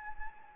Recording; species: mosquito wingbeat signal from an infrared sensor; Anopheles gambiae